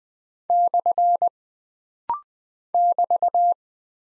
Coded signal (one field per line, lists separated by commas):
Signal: Morse code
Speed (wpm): 20 wpm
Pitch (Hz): 700 Hz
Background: none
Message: / <BT>